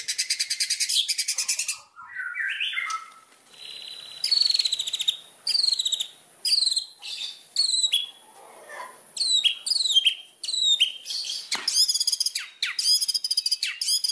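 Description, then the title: White-rumped shama song: a rich, varied run of clear whistles, rapid high trills and sharp slurred notes in short bursts with brief pauses, some phrases rising and falling. Lure recording (pancingan) of a bird in full song ('gacor'), said to make other birds respond at once. "PANCINGAN MEWAH MURAI BATU GACORSEKALI DENGAR AMPUH LANGSUNG RESPON"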